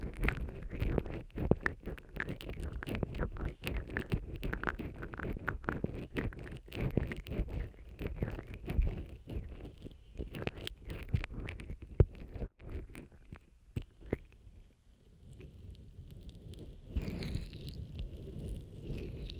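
Ear massage sounds: dense, continuous rubbing and scrubbing with a low, muffled body, broken by frequent sharp taps and clicks. Activity thins briefly around 15 seconds, then resumes with softer stroking and a brighter swish near the end.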